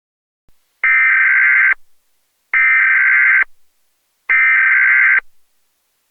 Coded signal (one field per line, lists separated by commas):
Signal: Emergency Alert System (SAME) tones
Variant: header bursts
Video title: EAS Scenario: Animal Mayhem